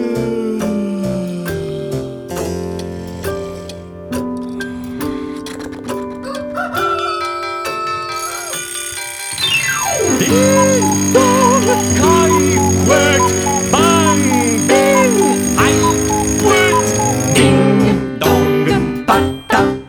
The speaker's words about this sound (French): Ding, dong, patapong, ça fait comme un coup de gong. Ding, pouette, patacouette, moi je reste sous ma couette. Un maudit réveil. Laissez-moi terminer mon rêve.